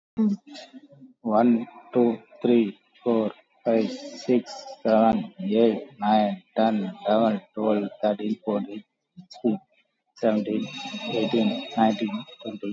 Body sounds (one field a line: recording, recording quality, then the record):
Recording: counting at a normal pace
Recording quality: excellent, no background noise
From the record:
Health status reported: COVID-19 positive, mild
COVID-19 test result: positive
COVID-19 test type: RT-PCR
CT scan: taken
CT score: 10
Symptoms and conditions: cough, cold, sore throat, fatigue, loss of smell and taste, diabetes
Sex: male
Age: 39 years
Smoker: no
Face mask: worn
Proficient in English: yes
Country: India